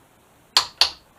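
A click-type torque wrench, still set to 65, rechecks the final swing-arm pivot bolt on a 2007 Suzuki GSX-R 750 during a rebuild. Two sharp, bright metallic clicks land at 0.6 s and 0.8 s in an otherwise quiet space, each fading quickly. The wrench clicks again, confirming the bolt is at torque.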